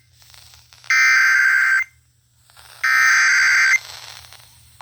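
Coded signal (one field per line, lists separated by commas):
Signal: Emergency Alert System (SAME) tones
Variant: header bursts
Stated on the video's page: Severe thunderstorm warning SAME tones on NOAA Weather Radio WXL58, relayed by WRKV.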